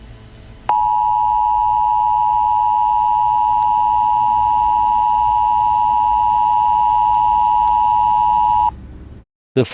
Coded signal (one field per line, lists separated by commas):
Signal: Emergency Alert System (SAME) tones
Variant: 853 and 960 Hz attention tone